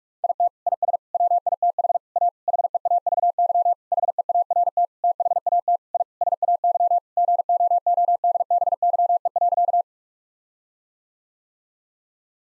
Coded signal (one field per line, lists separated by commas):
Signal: Morse code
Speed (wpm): 46 wpm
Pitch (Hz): 700 Hz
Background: none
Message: IT IS WITH A HEAVY HEART THAT I SAY GOODBYE.